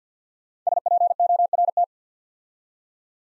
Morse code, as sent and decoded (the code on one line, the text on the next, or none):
... .--. --- .-. -
SPORT